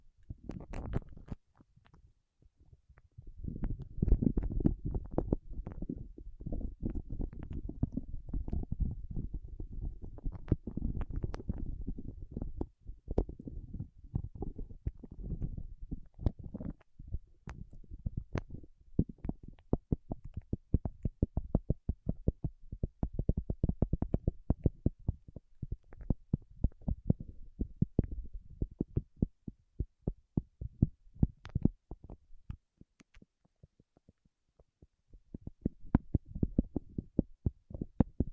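Waxed fingertips rub and press together in a dense, low, muffled rumble peppered with sharp sticky clicks. The first half is a thick, steady churn; later the sound breaks into more separate crackles and taps, with short quiet pauses near the start and around 33 seconds.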